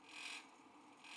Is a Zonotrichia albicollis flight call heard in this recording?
no